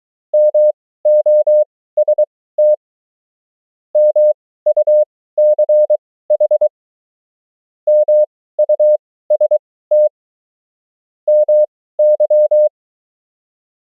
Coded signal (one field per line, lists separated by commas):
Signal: Morse code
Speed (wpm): 23 wpm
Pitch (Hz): 600 Hz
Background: none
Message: MOST MUCH MUST MY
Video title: CW Fluency: The 500 Most Common Morse Code Words & Abbreviations @20 wpm